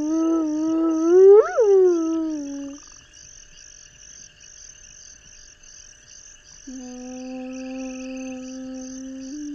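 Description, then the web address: Spotted hyena whooping: one call rises steeply to a sharp peak and falls away, then after a pause a long, level low whoop, with a rhythmic high buzz throughout. "earth naturelibrary assets s sp spotted hyena"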